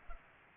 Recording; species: mosquito wingbeat signal from an infrared sensor; Culex pipiens